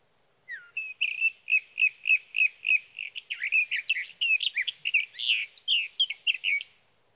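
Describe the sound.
Sage thrasher song opening with a down-slurred whistle, then a steady series of repeated clipped notes that breaks into a rapid, varied warble.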